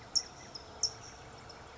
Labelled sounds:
California Towhee (Melozone crissalis)

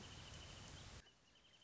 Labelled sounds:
Wrentit (Chamaea fasciata)

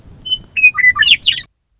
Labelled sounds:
Western Meadowlark (Sturnella neglecta)

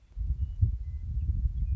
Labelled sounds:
Western Meadowlark (Sturnella neglecta)

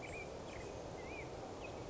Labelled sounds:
Black-headed Grosbeak (Pheucticus melanocephalus)

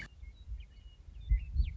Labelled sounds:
Western Meadowlark (Sturnella neglecta)

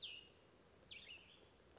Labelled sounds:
Cassin's Vireo (Vireo cassinii)

